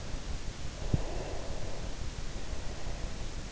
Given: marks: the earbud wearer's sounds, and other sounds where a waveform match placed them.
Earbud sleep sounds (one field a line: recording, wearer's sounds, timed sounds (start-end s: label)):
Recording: sounds in sleep by an in-ear microphone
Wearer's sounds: breath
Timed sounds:
0.84-3.31 s: breath